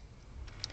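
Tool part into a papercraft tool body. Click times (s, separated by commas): 0.6 s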